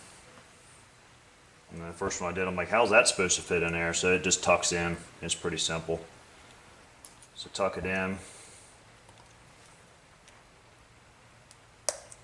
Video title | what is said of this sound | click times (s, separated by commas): Kubota MX 5000 LA 852 Hydraulic Cylinder Rebuild | You'll hear it pop into place. | 11.9 s